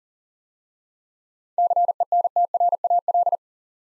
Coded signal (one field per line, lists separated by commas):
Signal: Morse code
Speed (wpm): 37 wpm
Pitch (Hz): 700 Hz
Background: none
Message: CENTRAL